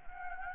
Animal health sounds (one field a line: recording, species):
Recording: mosquito wingbeat signal from an infrared sensor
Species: Anopheles gambiae